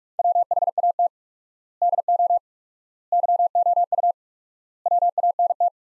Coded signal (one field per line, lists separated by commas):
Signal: Morse code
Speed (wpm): 46 wpm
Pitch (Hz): 700 Hz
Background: none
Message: WHAT DO YOU WANT